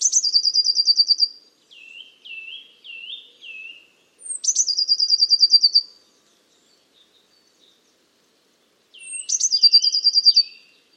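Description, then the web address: Eurasian blue tit: three bouts of sharp high notes then a fast even trill, with softer lower downslurred notes after the first and the third; otherwise quiet. "Deverinetal 2025 File origin Bird Only Cy Ca"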